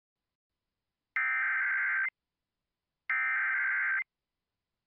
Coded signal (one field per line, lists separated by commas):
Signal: Emergency Alert System (SAME) tones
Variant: header bursts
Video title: EAS Shelter In Place Warning Dodge Center, Minnesota (Rochester Area)